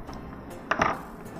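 A plastic termination cap holding a network cable is pressed onto a modular network keystone jack. Two sharp clicks are heard at 0.7 and 0.8 seconds. The cap has clicked shut and seated, completing the termination.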